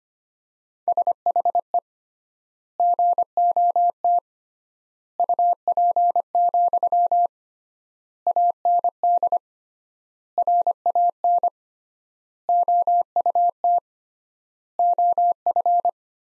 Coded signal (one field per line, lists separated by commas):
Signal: Morse code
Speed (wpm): 25 wpm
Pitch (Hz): 700 Hz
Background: none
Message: SHE GOT UP, AND RAN OUT OF